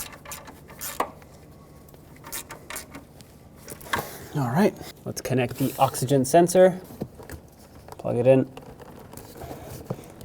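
Someone talks while handling the plastic electrical connector of a replacement upstream oxygen sensor on a 2003-2008 Toyota Corolla, bringing it to the engine harness connector to plug it in. Scattered short plastic taps and rustling handling sounds are heard. Nothing has clicked or seated yet.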